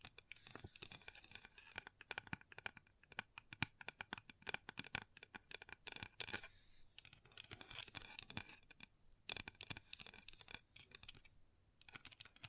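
Long nails tap and scratch on a table in a dense, uneven stream of sharp clicks and short rasping strokes, bright and crisp. The activity runs throughout with brief lulls near seven, nine and eleven seconds, and no voice is heard.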